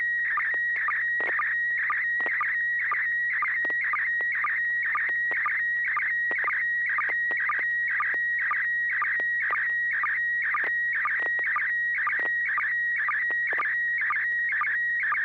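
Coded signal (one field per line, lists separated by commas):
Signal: SSTV (slow-scan television)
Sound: steady whistling tone with rhythmic warbling chirps about twice a second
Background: low electrical hum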